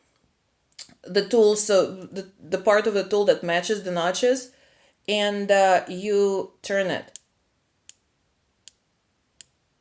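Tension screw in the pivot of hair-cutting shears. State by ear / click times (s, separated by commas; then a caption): seated / 7.9 s, 8.7 s, 9.4 s. Someone talks while a tightening tool fitted to the notched tension screw in the pivot of metal swivel hairdressing shears is turned. The screw clicks into successive notches, with three distinct sharp clicks at 7.9, 8.7 and 9.4 seconds, and the screw is seated.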